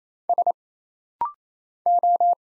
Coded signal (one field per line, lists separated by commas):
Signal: Morse code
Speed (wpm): 27 wpm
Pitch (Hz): 700 Hz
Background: none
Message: S O